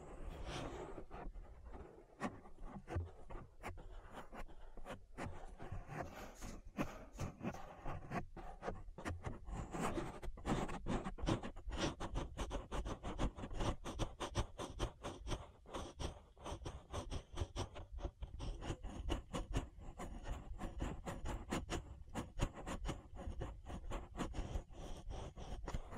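Ear massage sounds: dense, continuous rubbing and scratching with rapid crackly ticks running throughout. The texture stays busy and uneven, with a deep muffled rumble underneath and brighter rustling bursts, growing especially thick and clicky after about ten seconds.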